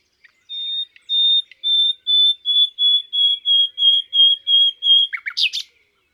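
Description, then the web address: Common nightingale song: a slow series of about a dozen pure, evenly repeated whistled notes, ending in a quick burst of harsh, buzzy notes. "Rossignol philomele. oiseaux des jardins"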